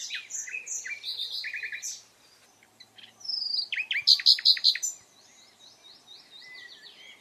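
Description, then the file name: Common nightingale song: varied phrases of whistles and rapid trills, then after a short pause loud repeated high notes around four seconds. "Luscinia megarhynchos"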